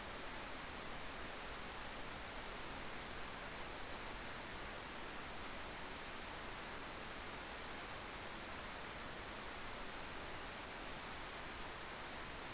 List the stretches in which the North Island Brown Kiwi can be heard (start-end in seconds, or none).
none